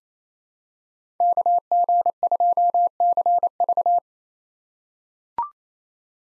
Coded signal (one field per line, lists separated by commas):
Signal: Morse code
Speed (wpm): 28 wpm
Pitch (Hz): 700 Hz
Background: none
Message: KG2CV